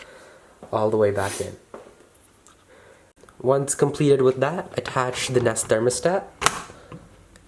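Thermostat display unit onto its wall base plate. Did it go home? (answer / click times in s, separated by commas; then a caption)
yes / 6.5 s. A Nest Thermostat Gen 3 display unit is pressed onto its wall-mounted base plate after wiring while someone talks. It snaps in with a loud, sharp click at 6.5 s, seating the thermostat on its base.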